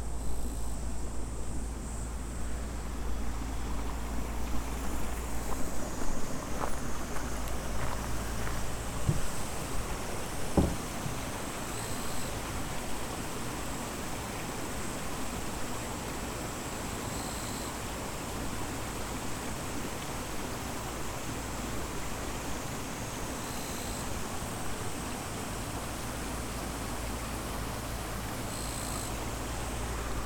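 Field recording from Kyoto, Japan: a steady, dense wash of low rumbling noise runs throughout, like traffic or rushing water. A few faint clicks and knocks stand out in the first eleven seconds, and a thin high whine pulses softly every few seconds.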